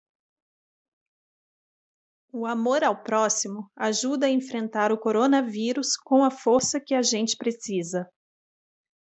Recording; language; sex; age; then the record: spoken sentence; Brazilian Portuguese; female; 30 to 39 years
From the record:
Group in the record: control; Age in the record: 37 years